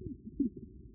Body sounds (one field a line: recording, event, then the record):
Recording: neck accelerometer signal played as sound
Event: no cough (speech, laughter, throat clearing or background)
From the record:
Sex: female